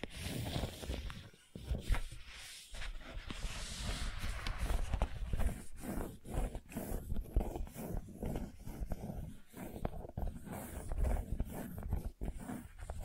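Gentle scratching runs through the whole clip, a dense, uneven rustle with soft low thumps and brief pauses around two, three and six seconds. The strokes come in short irregular bursts, with occasional sharper clicks standing out, and a brighter hiss in the first four seconds.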